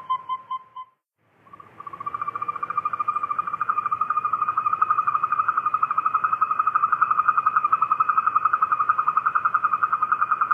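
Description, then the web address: Western toad calling: a brief pulsed phrase, a short pause, then a long sustained rapid pulsing trill that grows slightly louder. North America. "Songs of Frogs Toads of North America. Western Toad"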